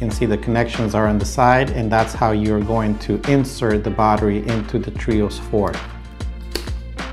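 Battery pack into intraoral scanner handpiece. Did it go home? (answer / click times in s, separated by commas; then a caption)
yes / 6.6 s. A rechargeable battery pack is pushed sideways into the side connections of a 3Shape Trios 4 handheld intraoral scanner while someone talks over background music. A soft tap comes at 6.2 seconds, then a sharp click at 6.6 seconds as the battery snaps into place and is seated.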